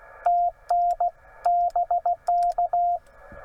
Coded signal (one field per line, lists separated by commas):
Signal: Morse code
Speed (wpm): 17 wpm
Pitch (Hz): 700 Hz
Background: radio noise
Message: TN BK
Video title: POTA at Haynes Bottom, TN 12 Feb